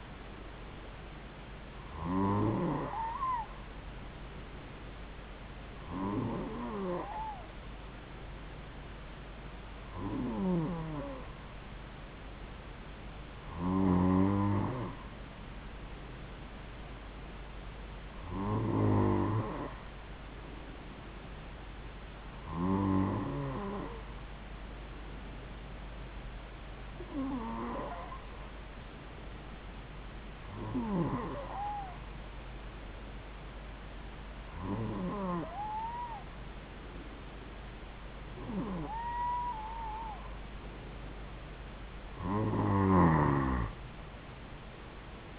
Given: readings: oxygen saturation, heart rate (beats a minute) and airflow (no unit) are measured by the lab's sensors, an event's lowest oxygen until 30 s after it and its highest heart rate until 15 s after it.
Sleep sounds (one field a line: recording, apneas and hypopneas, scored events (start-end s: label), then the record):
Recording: breathing in sleep by a voice recorder at the bedside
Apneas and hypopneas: none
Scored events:
none scored
From the record:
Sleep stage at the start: N2 (light sleep)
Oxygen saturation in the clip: 91 to 94%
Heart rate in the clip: 70 to 74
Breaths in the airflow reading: 11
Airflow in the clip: -3.5 to 4.1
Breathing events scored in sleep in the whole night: 270 in 6.1 hours asleep